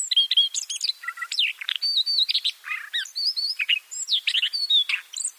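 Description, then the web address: Siberian rubythroat song: a long, rapid warble of varied whistles, buzzy trills and sharp chirps, sweeping up and down almost without pause. "Schulze Peter Siberian Rubythroat song"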